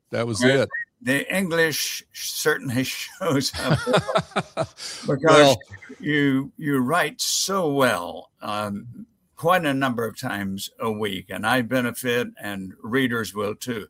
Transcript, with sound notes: That was it.
And the English certainly shows up [laughter] because you— you write so well um quite a number of times a week, and I benefit and readers will, too.